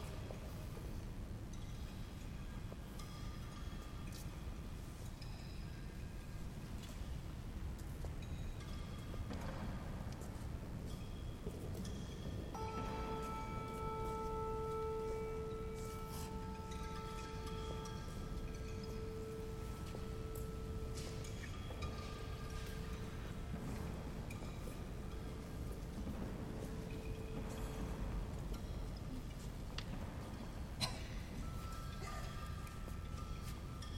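People walking the labyrinth at Grace Cathedral, over a steady low rumble like passing traffic. From about 12 to 28 seconds a clear ringing tone holds and slowly fades, and scattered light taps and clicks come and go throughout.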